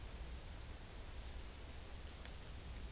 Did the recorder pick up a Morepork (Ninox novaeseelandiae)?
no